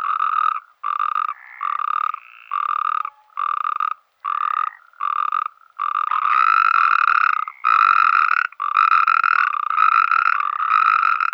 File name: Bufo Calamita